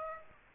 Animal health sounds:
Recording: mosquito wingbeat signal from an infrared sensor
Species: Aedes aegypti

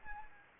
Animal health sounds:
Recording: mosquito wingbeat signal from an infrared sensor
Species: Anopheles gambiae

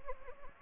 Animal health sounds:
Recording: mosquito wingbeat signal from an infrared sensor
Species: Anopheles gambiae

